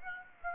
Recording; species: mosquito wingbeat signal from an infrared sensor; Aedes aegypti